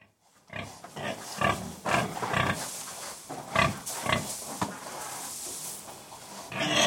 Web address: pigs interior pigs feeding with occasional noise from ducks cows and dogs. Sound Effects-BBC Cattle